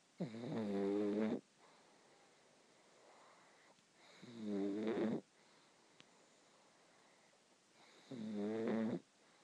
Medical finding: Pug snoring.